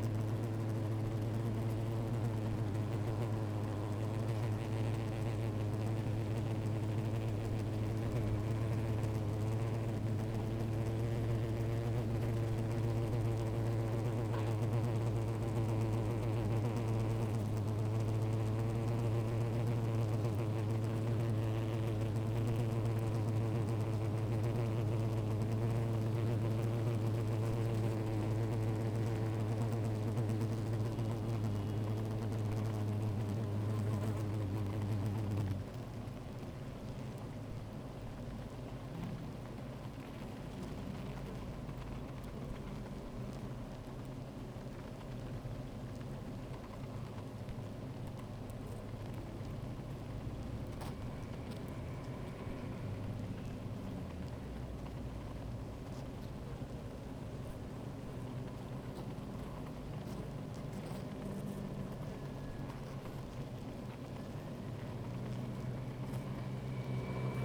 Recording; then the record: honeybee colony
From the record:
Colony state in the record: active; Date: 28 July 2017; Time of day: 13:42